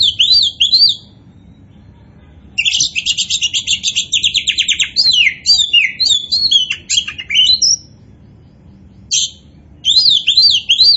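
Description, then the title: Oriental magpie-robin singing sweeping whistled notes and a long, fast series of repeated rattling trills, with short pauses between phrases. Described as gacor, meaning singing vigorously and nonstop. "Kacer Poci"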